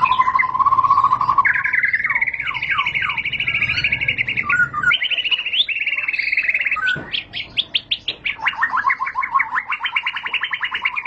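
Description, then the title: White-rumped shama song: a low whistled note, then long fast rattling trills, a run of sharp clicking strokes, and another rapid trill. Lure recording (pancingan) of a high-quality caged bird song, much sought for use as a master tutor recording to train other caged birds. "Pancingan Murai Batu Berkelas Banyak Di Cari Buat Masteran"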